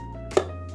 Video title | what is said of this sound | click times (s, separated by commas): Enigwatch IMPRESARIO Series 6 Unboxing | clicks right into place the smell | 0.4 s